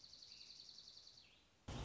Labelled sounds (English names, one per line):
Dark-eyed Junco